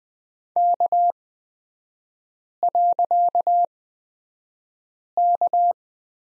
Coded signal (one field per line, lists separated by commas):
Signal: Morse code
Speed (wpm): 20 wpm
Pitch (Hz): 700 Hz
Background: none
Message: K.K